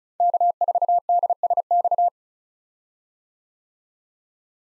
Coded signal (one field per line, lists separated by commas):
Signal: Morse code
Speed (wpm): 34 wpm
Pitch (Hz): 700 Hz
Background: none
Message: K4DSX